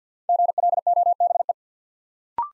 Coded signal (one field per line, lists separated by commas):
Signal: Morse code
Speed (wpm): 50 wpm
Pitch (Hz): 700 Hz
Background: none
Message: GLOBE